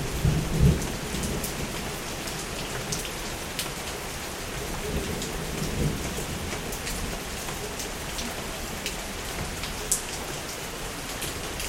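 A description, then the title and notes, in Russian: Rain falls steadily throughout, a dense, even hiss with sharp drips and taps scattered across it, brightest on the upper end. A low rumble swells near the start and again around six seconds, like thunder or a passing gust beneath the downpour. ДОЖДЬ1 by havun.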